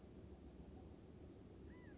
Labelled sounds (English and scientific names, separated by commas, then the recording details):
California Quail (Callipepla californica)
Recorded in Sonoma County, California